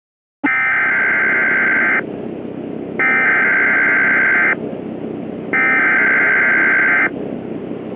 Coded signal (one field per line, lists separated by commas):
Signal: Emergency Alert System (SAME) tones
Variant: header bursts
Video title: EAS Shorts: Severe Thunderstorm Watch